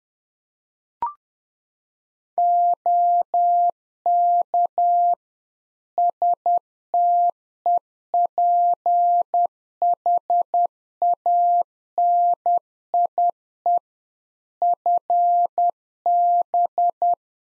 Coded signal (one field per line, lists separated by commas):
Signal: Morse code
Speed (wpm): 10 wpm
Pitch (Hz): 700 Hz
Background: none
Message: OK STEPHANIE FB